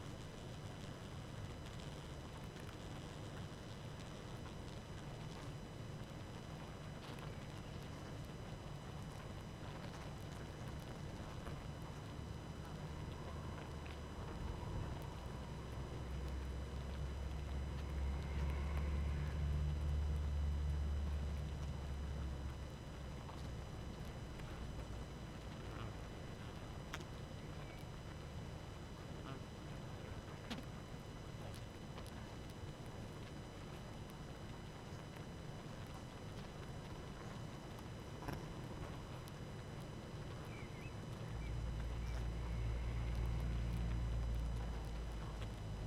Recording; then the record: honeybee colony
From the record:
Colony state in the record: active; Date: 12 June 2018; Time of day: 19:10